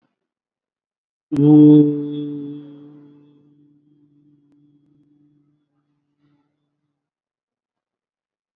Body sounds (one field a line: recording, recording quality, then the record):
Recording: sustained vowel as in boot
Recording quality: excellent, no background noise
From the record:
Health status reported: COVID-19 positive, moderate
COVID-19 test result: positive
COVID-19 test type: RT-PCR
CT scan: not taken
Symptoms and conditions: cough, cold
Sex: male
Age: 25 years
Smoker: no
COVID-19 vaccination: one dose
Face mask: worn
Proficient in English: yes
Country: India